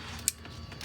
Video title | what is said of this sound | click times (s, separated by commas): HOW TO INSTALL TESLA MODEL Y POWER FRUNK KIT | hear it snap yeah you're here click into place | 0.3 s